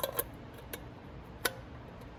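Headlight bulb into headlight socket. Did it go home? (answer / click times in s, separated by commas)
yes / 1.5 s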